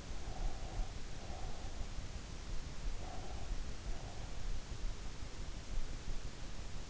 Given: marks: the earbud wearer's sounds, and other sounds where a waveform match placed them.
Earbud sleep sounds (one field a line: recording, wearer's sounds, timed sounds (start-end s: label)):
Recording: sounds in sleep by an in-ear microphone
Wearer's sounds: breath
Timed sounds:
0.00-1.77 s: breath
2.73-4.23 s: breath